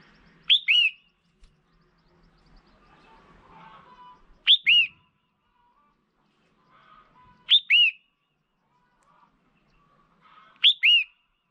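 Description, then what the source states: Red-whiskered bulbul repeating a bright, ringing two-part whistle four times, about every three seconds, in otherwise quiet surroundings. Female.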